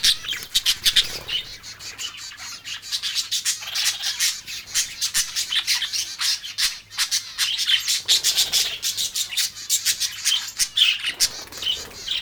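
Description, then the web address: Exotic birds chirping and squawking throughout, many sharp high calls overlapping in a busy chorus. "best service Blue Box birds birds exotic"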